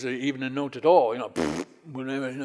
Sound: gives blowing noise